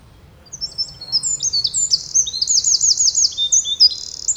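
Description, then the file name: Eurasian wren song: a quick rush of high, thin chirps leading into a rattling trill of looped notes, delivered loud and fast. "Troglodytes troglodytes"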